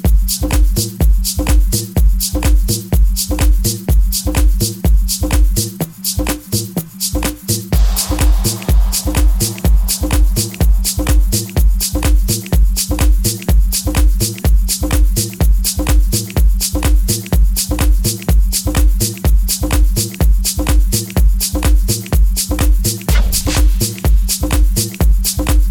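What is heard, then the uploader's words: Driving back from Gerlach Hot Springs to Reno: fast, regular low thumps over a steady droning hum, with a brief hissy swell around eight seconds. Drving back from the Gerlach Hot Springs to Reno. The Rhino's recording was performed while Sir Damo was traveling south bound on State Route 447.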